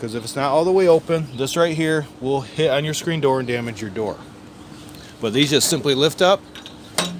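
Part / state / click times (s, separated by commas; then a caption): folding entry step bracket into RV door frame catch / seated / 7.0 s. Someone talks while the folding entry steps of a 2021 Rockwood Geo Pro 20FBS travel trailer are lifted up with the door fully open, so the steps won't hit and damage the screen door. A sharp click at 7.0 s is the steps' metal bracket snapping into its catch on the door frame. The steps are seated and secure, and the door can then close over them.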